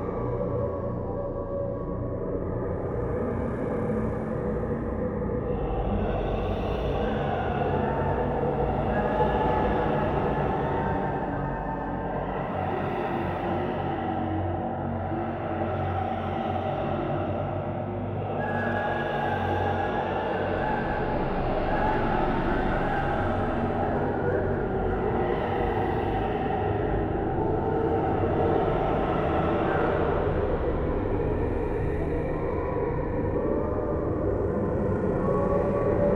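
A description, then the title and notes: A dark horror ambience built on a thick, steady rumbling drone, heavy in the lows like an engine or passing aircraft. Slow, hazy swells rise and fade in the upper tones every few seconds, while the overall loudness stays level throughout. Royalty Free Horror Ambience.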